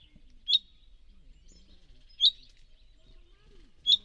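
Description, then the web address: Bird calls: three sharp, high chirps at fairly even intervals over a quiet background. "cianscape birddata 2025 Bird Only"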